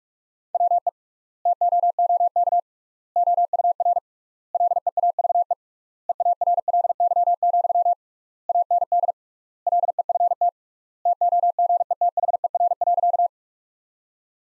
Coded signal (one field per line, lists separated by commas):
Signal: Morse code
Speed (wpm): 46 wpm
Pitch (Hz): 700 Hz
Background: none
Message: WE TOOK OUR LEAVE EARLY, AND LEFT TOGETHER.